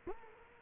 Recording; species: mosquito wingbeat signal from an infrared sensor; Culex quinquefasciatus